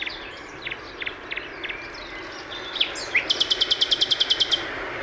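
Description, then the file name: Common nightingale song: a few soft, scattered chirps, then a loud, fast run of about a dozen identical, sharply repeated notes, with a steady background hiss. "Luscinia megarhynchos"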